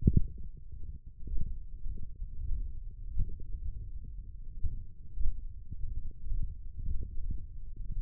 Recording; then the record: forearm muscle sounds (acoustic myography)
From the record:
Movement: hand opening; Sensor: system 1, eight BSWA MPA416 microphones around the upper forearm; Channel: 2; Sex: male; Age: 23 years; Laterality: right